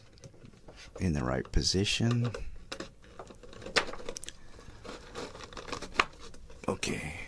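A plug-in connector is handled and lined up against the power supply breakout assembly of a PC power supply converted into a bench supply, while someone talks. Light rustling and small handling taps are heard, with a few sharper knocks. Nothing has seated or clicked into place yet.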